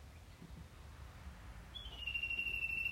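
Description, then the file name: Japanese bush warbler song: a long, steady, pure whistle held for over a second, over a low background rumble. "ウグイス"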